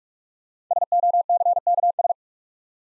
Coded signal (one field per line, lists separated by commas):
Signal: Morse code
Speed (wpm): 44 wpm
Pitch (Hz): 700 Hz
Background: none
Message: SOCKS